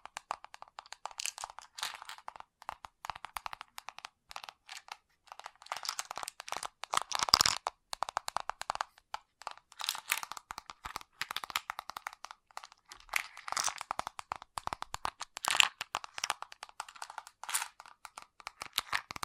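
Fast, dense tapping in irregular bursts of sharp, bright clicks, loudest around seven, ten and fifteen seconds, with brief quiet gaps between.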